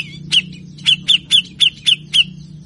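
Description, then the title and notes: Grey-cheeked bulbul uttering seven harsh, clipped notes in quick succession over a low steady hum. Bird-training master recording of an actively singing bird giving long, full rough rattling chatter, meant to stimulate lazy captive birds of the species to sing. "MASTERAN CUCAK JENGGOT GACOR FULL BESETAN KASAR DURASI PANJANG. pancingan dan masteran cucak jenggot malas. Burung cucak jenggot"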